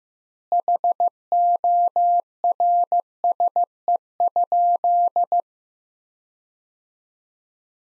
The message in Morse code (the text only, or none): HORSE?